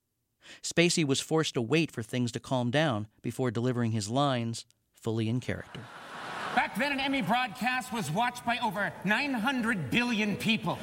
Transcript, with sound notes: Spacey was forced to wait for things to calm down before delivering his lines fully in character.
(SOUNDBITE OF EMMY AWARDS)
Back then an Emmy broadcast was watched by over 900 billion people.